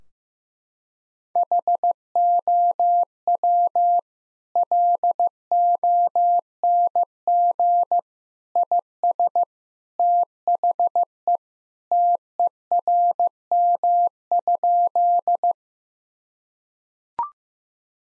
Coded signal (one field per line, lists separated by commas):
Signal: Morse code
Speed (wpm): 16 wpm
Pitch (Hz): 700 Hz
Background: none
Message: HOW LONG IS THE TERM?